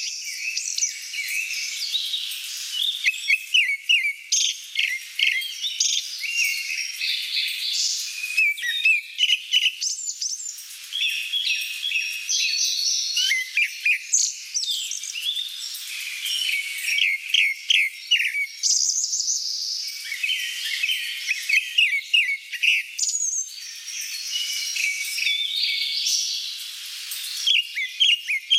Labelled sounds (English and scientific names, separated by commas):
Grey-backed Thrush (Turdus hortulorum) song